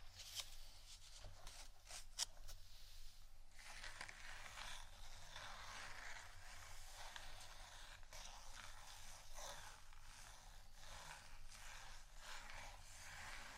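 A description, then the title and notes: Continuous dry scratching with rough, bright rasping strokes that surge and fade irregularly, over a steady low hum, with sharper ticks near two seconds. ASMR Scratching Only（No Talking）.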